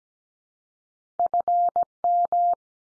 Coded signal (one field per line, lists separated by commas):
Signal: Morse code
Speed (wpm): 17 wpm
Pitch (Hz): 700 Hz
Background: none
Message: FM